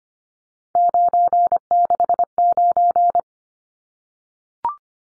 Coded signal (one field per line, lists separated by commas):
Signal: Morse code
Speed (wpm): 25 wpm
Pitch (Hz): 700 Hz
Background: none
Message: 969